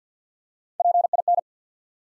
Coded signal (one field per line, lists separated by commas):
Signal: Morse code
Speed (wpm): 50 wpm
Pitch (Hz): 700 Hz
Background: none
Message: P I N